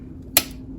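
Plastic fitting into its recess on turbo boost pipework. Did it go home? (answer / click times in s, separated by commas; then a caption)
yes / 0.4 s. A plastic fitting on the turbo boost pipework of a Citroen C3 HDi is pushed down into its little recess and snaps into place. A single sharp, bright click is heard at 0.4 s over a low background hum, confirming the part is seated.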